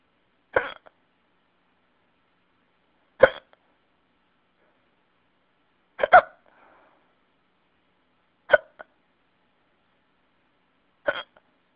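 An adult hiccupping repeatedly.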